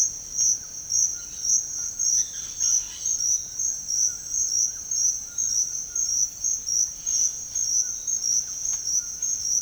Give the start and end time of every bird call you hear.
0.39s-3.09s: bird call
6.88s-7.78s: bird call

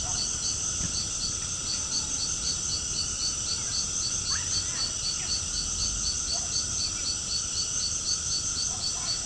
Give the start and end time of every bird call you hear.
4.28s-5.35s: bird call

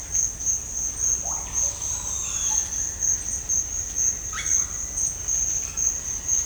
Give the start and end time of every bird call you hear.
1.52s-2.96s: bird call
4.33s-4.70s: bird call

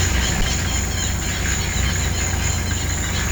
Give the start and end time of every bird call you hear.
0.00s-3.20s: bird call

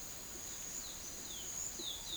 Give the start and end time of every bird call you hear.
0.86s-2.16s: bird call

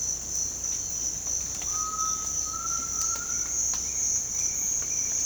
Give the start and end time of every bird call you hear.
1.64s-3.55s: bird call

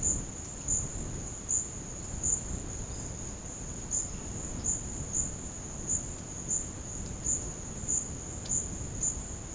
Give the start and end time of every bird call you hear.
2.84s-4.75s: bird call

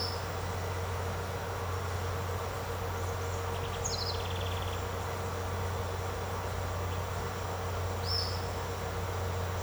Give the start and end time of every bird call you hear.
0.01s-0.20s: bird call
3.80s-4.91s: bird call
8.03s-8.31s: bird call

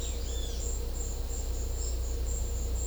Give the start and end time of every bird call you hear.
0.00s-0.67s: bird call

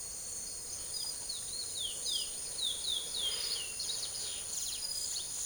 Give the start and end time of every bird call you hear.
0.90s-5.32s: bird call

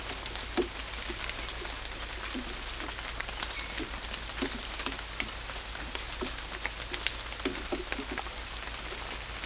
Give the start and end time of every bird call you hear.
3.52s-3.77s: bird call

